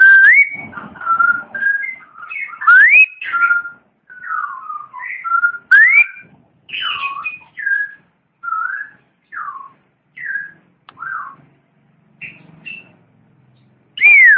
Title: Kicau Burung Pentet